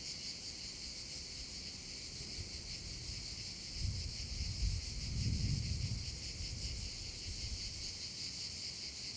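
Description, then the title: Cicadas keep up a high, sizzling buzz with rapid pulsing while low gusts of wind or rumble swell in the middle. Several cicadas over the Vallo di Diano valley near Padula, Italy; recorded with a Zoom H6 and mid-side microphone capsule. "Geoparco Padula - Cicale sulla valle del Diano"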